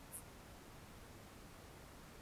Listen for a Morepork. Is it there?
no